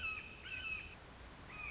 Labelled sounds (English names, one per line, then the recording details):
Red-shouldered Hawk
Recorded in Sonoma County, California